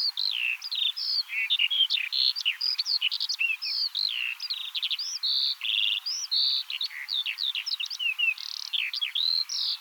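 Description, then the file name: Eurasian skylark singing a long unbroken torrent of varied high chirps, rolling trills and quick rising and falling whistles. "Veldleeuwerik Alauda arvensis"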